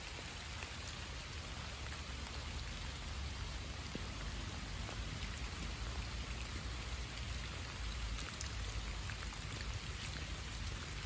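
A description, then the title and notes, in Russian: Rain falls steadily over a park in October, a dense, even hiss that stays level for the whole stretch. Scattered brighter drops tick now and then, and a low rumble sits underneath, like traffic. Дождливый парк в октябре. Шум дождя.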